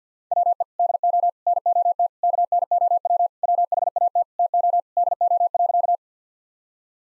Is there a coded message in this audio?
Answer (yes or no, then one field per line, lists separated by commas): yes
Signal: Morse code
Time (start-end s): 0.3-6.0 s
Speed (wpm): 50 wpm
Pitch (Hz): 700 Hz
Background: none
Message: WE DO NOT KNOW WHAT TO DO.